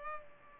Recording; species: mosquito wingbeat signal from an infrared sensor; Culex pipiens